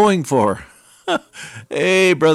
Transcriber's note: laughs